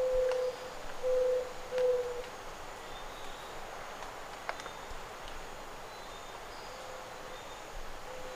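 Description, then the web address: Zenaida dove giving three clear hollow coos in quick succession at the start, followed by fainter repeated coos against a steady background hiss. "sound zenaida-doves. صدای-کبوتر-زینایدا"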